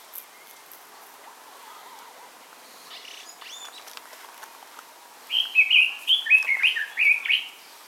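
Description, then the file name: Red-billed leiothrix singing a short, quick warbled phrase of bright rising and falling notes near the end, after soft faint bird sounds over light background hiss. Colli Euganei, Italy, 10 May 2014. "Usignolo del Giappone collieuganei 10 5 2014"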